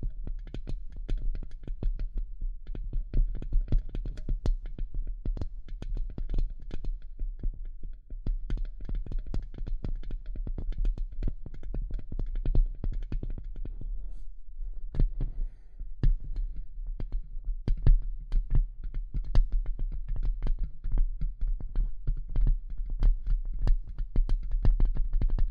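Tapping and scratching: sharp, dry taps come in rapid irregular bursts throughout, many per second, over a low steady rumble. The clicks stay dense from start to finish, thinning briefly around fifteen seconds before resuming, with faint scraping texture between hits.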